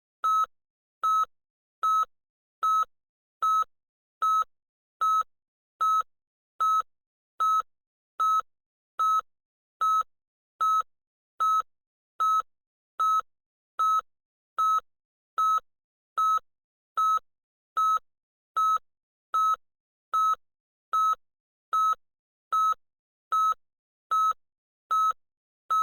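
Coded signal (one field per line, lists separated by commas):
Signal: none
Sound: loud annoying beeping noise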